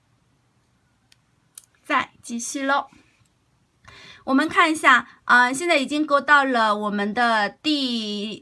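A plastic locking stitch marker is clipped onto the first single crochet stitch of the round to mark it, with a few faint ticks before it snaps closed with a sharp click at 1.6 s. Someone then talks.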